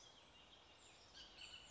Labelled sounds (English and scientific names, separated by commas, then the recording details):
Bullock's Oriole (Icterus bullockii)
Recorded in Sonoma County, California